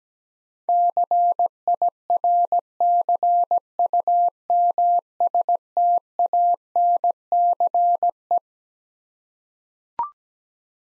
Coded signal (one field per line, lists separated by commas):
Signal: Morse code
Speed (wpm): 17 wpm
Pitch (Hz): 700 Hz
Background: none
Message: CIRCUMSTANCE